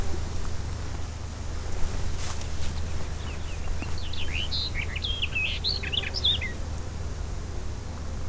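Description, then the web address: Barred warbler giving a burst of short, chattering notes over a steady low rumble. Recorded in Brandenburg in 2012. "tripreports Brandenburg 2012 Sperwergrasmus"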